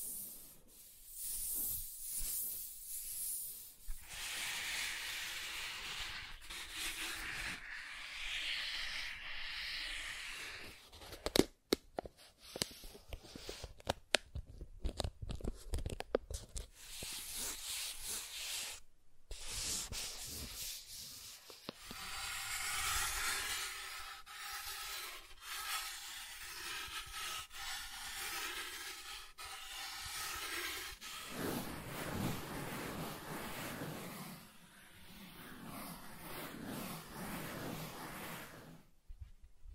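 Soft tracing over smooth and rough surfaces makes steady hissy rubbing strokes, broken around eleven to twenty seconds by rapid scratchy taps.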